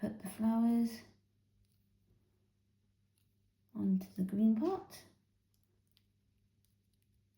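Someone talks while handling a small plastic toy-brick flower that is about to be pressed onto the stud of a green brick part, with a low steady hum in the quiet stretches between the speech. The flower is still being handled and not yet home, so nothing has seated or clicked yet.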